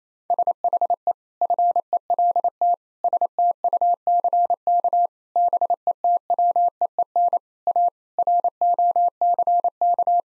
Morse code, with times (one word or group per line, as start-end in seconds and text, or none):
0.3-1.1 SHE
1.4-2.7 FELT
3.0-5.1 STUCK
5.4-7.4 BETWEEN
7.7-7.9 A
8.2-10.2 ROCK